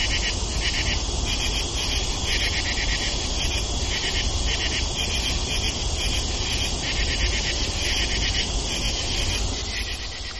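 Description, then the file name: Katydids calling in pulsed, raspy bursts repeated rhythmically, over a steady high insect hiss and dense low background noise. Recorded 22 August 2011 in South Bend, Indiana. "Katydids-Aug 22011-SBend IN"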